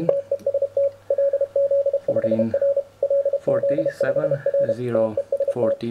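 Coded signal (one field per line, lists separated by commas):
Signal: Morse code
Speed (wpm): 31 wpm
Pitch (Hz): 560 Hz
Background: speech, radio noise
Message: TEST LZ5R LZ5R TEST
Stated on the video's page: Elecraft K1, a five-watt two-band HF CW transceiver kit.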